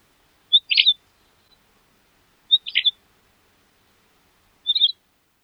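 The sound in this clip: Pine Grosbeak with three short calls, each a brief cluster of notes, about two seconds apart, nothing else audible.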